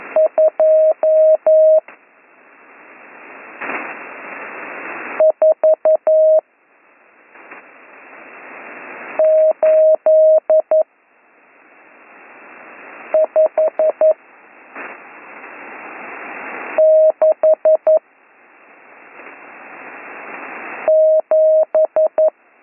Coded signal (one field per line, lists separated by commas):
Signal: Morse code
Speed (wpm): 11 wpm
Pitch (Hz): 630 Hz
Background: radio noise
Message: 2 4 8 5 6 7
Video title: Slow Morse Code Course - Week 8 - Learn Morse Code